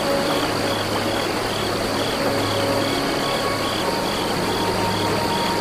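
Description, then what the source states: Steady pulsed cricket chirping sits high above calm flute phrases, a continuous low hum and the broad rush of a stream. Crickets by a small river.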